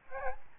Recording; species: mosquito wingbeat signal from an infrared sensor; Aedes albopictus